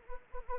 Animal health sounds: mosquito wingbeat signal from an infrared sensor; Anopheles arabiensis

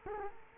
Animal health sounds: mosquito wingbeat signal from an infrared sensor; Culex quinquefasciatus

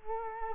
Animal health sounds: mosquito wingbeat signal from an infrared sensor; Culex quinquefasciatus

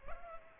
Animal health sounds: mosquito wingbeat signal from an infrared sensor; Culex pipiens

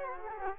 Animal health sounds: mosquito wingbeat signal from an infrared sensor; Culex quinquefasciatus

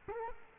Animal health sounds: mosquito wingbeat signal from an infrared sensor; Culex quinquefasciatus

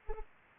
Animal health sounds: mosquito wingbeat signal from an infrared sensor; Anopheles arabiensis

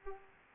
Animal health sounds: mosquito wingbeat signal from an infrared sensor; Aedes aegypti

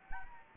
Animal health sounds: mosquito wingbeat signal from an infrared sensor; Anopheles gambiae

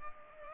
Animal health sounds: mosquito wingbeat signal from an infrared sensor; Culex pipiens

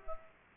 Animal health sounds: mosquito wingbeat signal from an infrared sensor; Culex quinquefasciatus

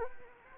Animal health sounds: mosquito wingbeat signal from an infrared sensor; Anopheles arabiensis

